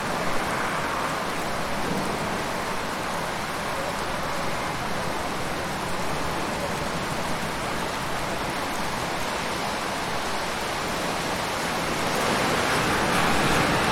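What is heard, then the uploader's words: Heavy rain hisses steadily and densely with a low street rumble beneath, the downpour growing slightly louder and brighter near the end. Heavy Rain and Street Traffic. Urban windows. Night traffic,rain,wet road,car,bus,toronto,city sounds,night.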